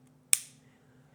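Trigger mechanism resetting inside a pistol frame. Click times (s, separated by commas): 0.3 s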